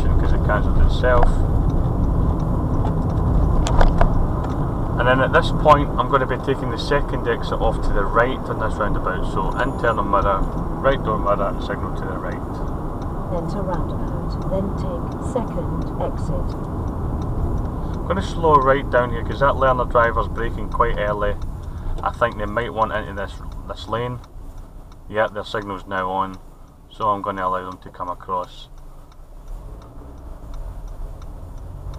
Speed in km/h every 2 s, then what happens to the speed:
42, 42, 44, 45, 45, 42, 39, 37, 32, 27, 15, 5, 0, 0, 0, 10.
0-8 steady at about 44. 8-24 slows to 0. 24-29 standing.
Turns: none.